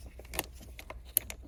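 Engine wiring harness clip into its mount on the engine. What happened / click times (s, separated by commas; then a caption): The plastic clip snapped into its mount / 1.2 s. During valve cover gasket reassembly on a BMW M62 V8, the injector wiring harness clip is pushed back into its mount on the engine and checked from the other side to confirm it is fully seated. Over a low background rumble, there are a few light ticks and rattles, and a sharp click at 1.2 s marks the clip snapping into place. A couple of softer taps follow at 1.3 and 1.5 s, and the clip is confirmed seated.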